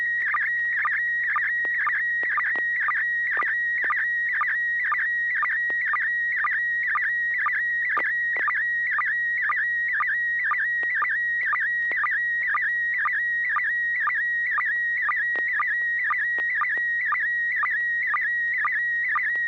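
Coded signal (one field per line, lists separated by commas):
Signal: SSTV (slow-scan television)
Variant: PD mode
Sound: steady warbling tone with rapid chirpy dips about twice a second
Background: low hum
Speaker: okay there we go uh this is going to be pd220 n6 [Music] pgq e e I d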